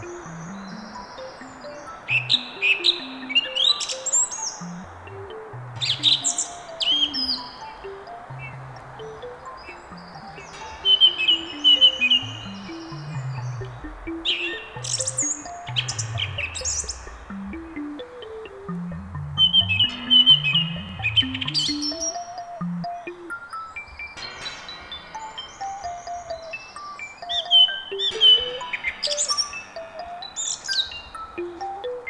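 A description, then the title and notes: Birds sing in a bog, bright repeated chirps and whistles in bursts over a soft steady hiss, with scattered low knocking calls throughout. A birdsong from a bog in Estonia.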